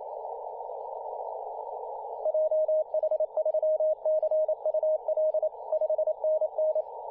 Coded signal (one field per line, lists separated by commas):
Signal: Morse code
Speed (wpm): 27 wpm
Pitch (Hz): 620 Hz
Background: radio noise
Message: JH3CUL 5NN